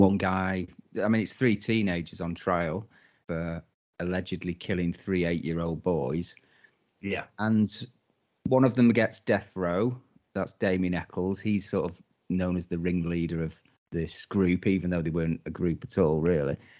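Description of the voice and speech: A low-pitched adult man talks in a relaxed, conversational way, recounting a true-crime case. His speech is clear and fluent, with steady voicing and natural pauses between phrases. No voice or speech disorder is evident.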